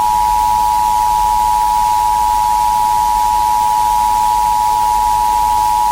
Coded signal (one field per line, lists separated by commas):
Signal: Emergency Alert System (SAME) tones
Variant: 853 and 960 Hz attention tone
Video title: EAS tornado warning 2nd revamp (FAKE DONT USE AS REAL.)